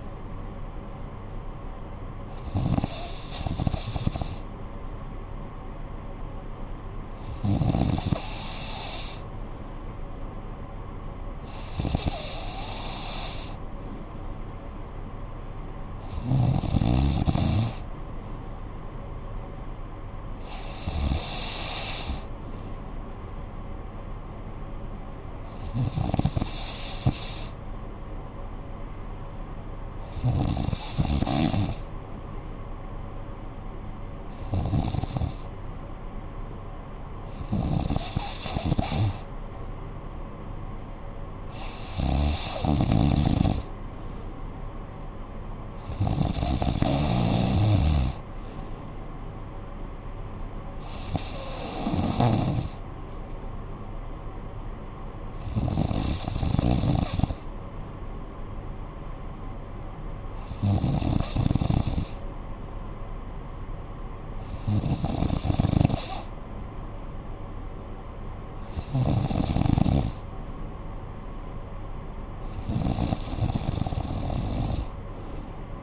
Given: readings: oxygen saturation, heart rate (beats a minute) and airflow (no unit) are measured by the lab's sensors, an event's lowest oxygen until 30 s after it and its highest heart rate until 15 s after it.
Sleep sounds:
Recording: breathing in sleep by a smartphone at the bedside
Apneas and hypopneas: none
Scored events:
none scored
From the record:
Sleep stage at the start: N3 (deep sleep)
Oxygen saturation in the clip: 93 to 94%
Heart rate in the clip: 57 to 62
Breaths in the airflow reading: 17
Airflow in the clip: -9.7 to 5.4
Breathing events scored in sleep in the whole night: 445 in 7.6 hours asleep

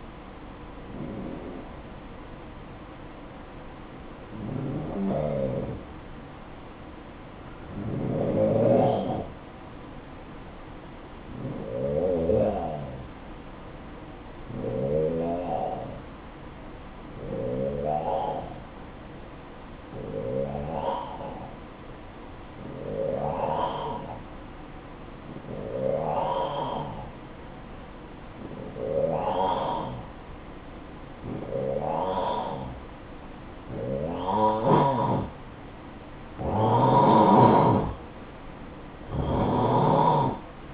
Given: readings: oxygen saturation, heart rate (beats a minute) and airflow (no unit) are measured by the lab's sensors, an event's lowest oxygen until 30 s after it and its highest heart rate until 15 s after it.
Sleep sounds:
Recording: breathing in sleep by a voice recorder at the bedside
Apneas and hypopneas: 1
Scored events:
14.00-36.10 s: hypopnea (N1, oxygen 93% highest, then 90% lowest, heart rate 56 at the start, 59 highest)
From the record:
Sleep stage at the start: N1 (lightest sleep)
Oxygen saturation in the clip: 91 to 93%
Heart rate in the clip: 52 to 59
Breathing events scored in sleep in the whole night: 573 in 9.8 hours asleep

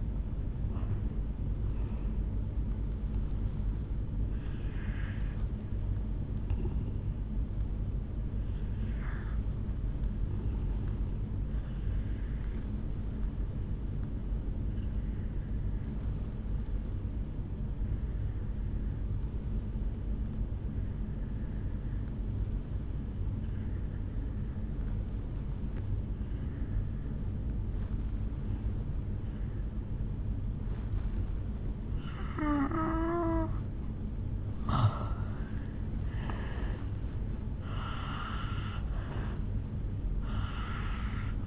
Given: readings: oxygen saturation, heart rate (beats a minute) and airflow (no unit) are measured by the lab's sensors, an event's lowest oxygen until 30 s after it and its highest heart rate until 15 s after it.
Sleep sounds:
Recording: breathing in sleep by a smartphone at the bedside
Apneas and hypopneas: 1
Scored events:
12.00-28.00 s: obstructive apnea (N1, oxygen 96% highest, then 82% lowest, heart rate 55 at the start, 71 highest)
17.00-41.47 s: new sleep stage, N2 (light sleep)
From the record:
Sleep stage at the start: N1 (lightest sleep)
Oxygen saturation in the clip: 82 to 96%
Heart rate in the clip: 55 to 75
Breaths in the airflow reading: 8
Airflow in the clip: -12.4 to 9.3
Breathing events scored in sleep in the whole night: 449 in 7.0 hours asleep

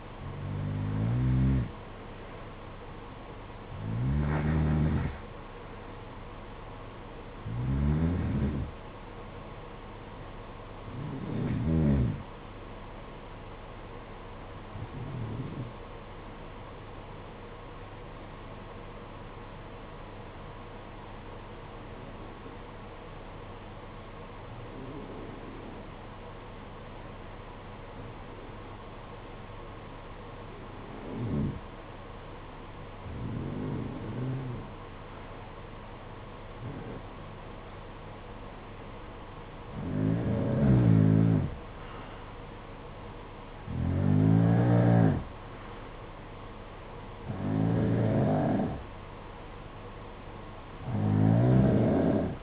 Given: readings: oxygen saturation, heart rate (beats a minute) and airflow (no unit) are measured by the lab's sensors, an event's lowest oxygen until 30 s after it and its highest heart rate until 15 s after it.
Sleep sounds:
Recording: breathing in sleep by a voice recorder at the bedside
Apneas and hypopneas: 1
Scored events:
6.00-36.00 s: new sleep stage, N1 (lightest sleep)
18.00-39.60 s: hypopnea (N1, oxygen 94% highest, then 89% lowest, heart rate 54 at the start, 59 highest)
36.00-52.43 s: new sleep stage, N2 (light sleep)
From the record:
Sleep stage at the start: N2 (light sleep)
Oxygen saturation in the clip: 86 to 94%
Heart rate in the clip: 52 to 59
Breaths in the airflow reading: 15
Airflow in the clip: -11.8 to 6.5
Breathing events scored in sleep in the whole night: 476 in 9.7 hours asleep

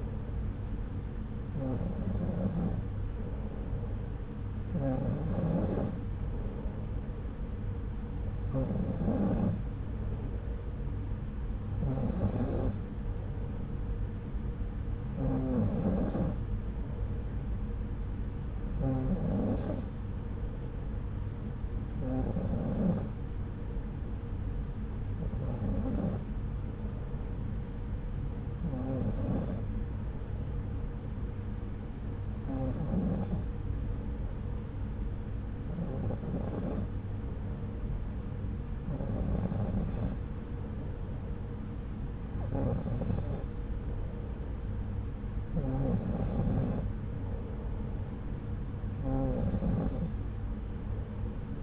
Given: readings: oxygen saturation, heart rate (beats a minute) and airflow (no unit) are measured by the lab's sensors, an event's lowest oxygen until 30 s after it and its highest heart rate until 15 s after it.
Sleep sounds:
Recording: breathing in sleep by a smartphone at the bedside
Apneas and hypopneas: none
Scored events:
none scored
From the record:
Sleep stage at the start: N2 (light sleep)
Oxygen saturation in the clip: 93%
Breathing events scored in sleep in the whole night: 303 in 8.1 hours asleep

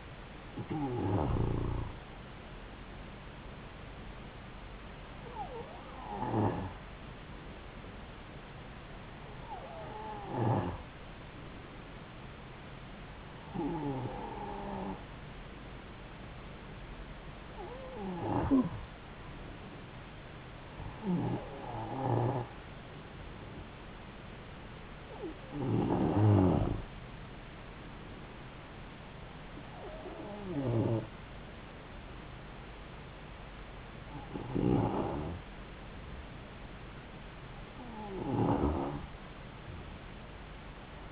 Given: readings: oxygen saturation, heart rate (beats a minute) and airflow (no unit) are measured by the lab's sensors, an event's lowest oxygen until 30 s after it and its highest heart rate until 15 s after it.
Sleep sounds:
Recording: breathing in sleep by a voice recorder at the bedside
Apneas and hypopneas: 1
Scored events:
7.00-33.80 s: hypopnea (N2, oxygen 94% highest, then 91% lowest)
From the record:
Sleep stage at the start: N2 (light sleep)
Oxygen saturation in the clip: 93 to 94%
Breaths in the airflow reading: 10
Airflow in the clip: -3.1 to 4.2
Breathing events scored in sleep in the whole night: 270 in 6.1 hours asleep

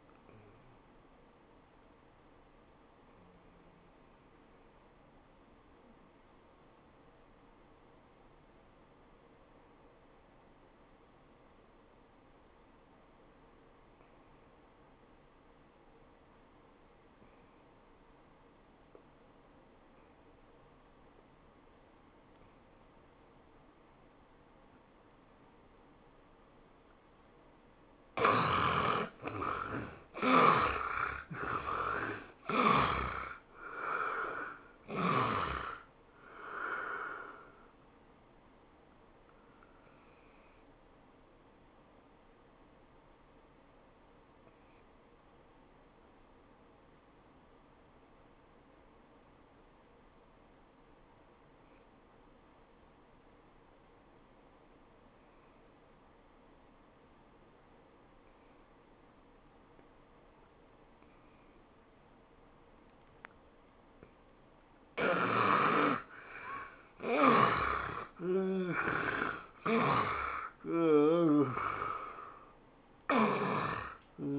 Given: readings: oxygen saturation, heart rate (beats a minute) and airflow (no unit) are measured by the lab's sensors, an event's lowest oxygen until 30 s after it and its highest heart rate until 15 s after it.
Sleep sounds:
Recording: breathing in sleep by a voice recorder at the bedside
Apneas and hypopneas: 2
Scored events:
7.00-29.00 s: obstructive apnea (N1, oxygen 94% highest, then 75% lowest, heart rate 75 at the start, 99 highest)
46.00-66.40 s: obstructive apnea (N1, oxygen 96% highest, then 78% lowest, heart rate 75 at the start, 98 highest)
From the record:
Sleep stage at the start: N1 (lightest sleep)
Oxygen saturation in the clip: 75 to 96%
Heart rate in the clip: 74 to 99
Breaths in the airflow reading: 9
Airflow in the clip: -17.9 to 11.8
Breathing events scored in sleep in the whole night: 403 in 5.5 hours asleep

